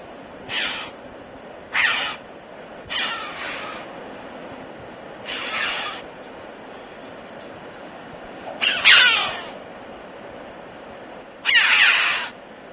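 Red-billed chough uttering scratchy, ringing calls at irregular intervals, some softer and shorter, the last two louder and longer, against a low steady background hiss.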